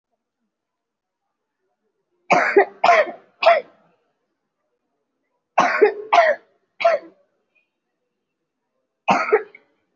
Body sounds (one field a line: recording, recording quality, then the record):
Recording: shallow voluntary cough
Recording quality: excellent, no background noise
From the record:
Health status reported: respiratory illness, not identified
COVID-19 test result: negative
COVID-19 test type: RT-PCR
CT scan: not taken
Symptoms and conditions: cough, cold, breathing difficulty, asthma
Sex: female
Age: 20 years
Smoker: no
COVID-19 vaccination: one dose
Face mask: worn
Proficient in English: yes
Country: India